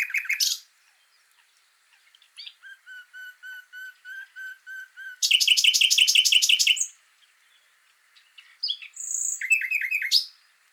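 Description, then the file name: Common nightingale song: a sharp burst, then a slow series of pure, low whistles, breaking into a loud rapid trill, then varied chirping notes. "Luscinia megarhynchos"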